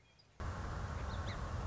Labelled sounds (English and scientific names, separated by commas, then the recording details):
Song Sparrow (Melospiza melodia)
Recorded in Sonoma County, California